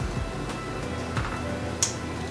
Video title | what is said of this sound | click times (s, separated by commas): FD3S AEM smart coil and pnp harness install from DM-Motorsport | there we are nice click | 1.8 s